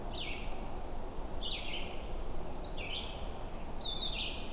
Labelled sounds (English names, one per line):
Red-eyed Vireo song